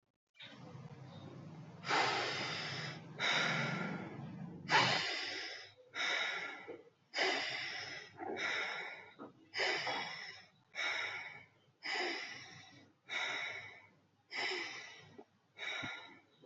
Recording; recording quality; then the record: deep breathing; excellent, no background noise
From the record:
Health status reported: healthy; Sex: male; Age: 35 years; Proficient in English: yes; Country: India